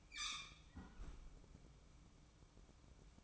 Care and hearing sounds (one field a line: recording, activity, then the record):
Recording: daily activity, microphone in the room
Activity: close fridge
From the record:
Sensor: 1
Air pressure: 1007.9 hPa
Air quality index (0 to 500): 98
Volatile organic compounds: 1 ppm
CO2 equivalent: 838 ppm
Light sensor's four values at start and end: 13/31/13/14 and 13/31/13/14